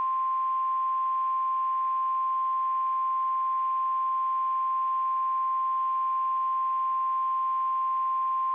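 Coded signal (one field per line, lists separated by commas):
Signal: Emergency Alert System (SAME) tones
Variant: 1050 Hz attention tone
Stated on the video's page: NOAA Weather Radio Flash Flood Warning for parts of Anne Arundel, Howard and Prince George's counties, MD.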